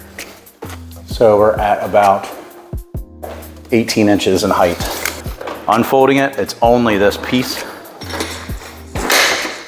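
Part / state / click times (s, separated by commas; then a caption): folding scooter seat/frame latch locking the floorboard / seated / 9.0 s. Someone talks while unfolding an EV Rider Transport 4M folding scooter, about 18 inches tall when folded, by pulling up the seat. At 9.0 s the seat/frame latch clicks into lock, locking the floorboard.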